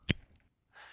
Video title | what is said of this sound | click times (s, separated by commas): Монтаж розетки Z-MAX UTP | you should hear the latch shown here click past the first retention bump on the module | 0.1 s